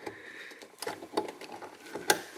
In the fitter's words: Just like that, and you'll hear it click.